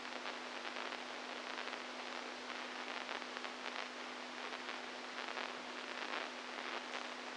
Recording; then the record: brain microelectrode recording played as sound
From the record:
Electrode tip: inside the subthalamic nucleus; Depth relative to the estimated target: -3 mm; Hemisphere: right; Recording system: NeuroSet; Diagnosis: Parkinson's disease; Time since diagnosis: 10 years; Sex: male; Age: 65 years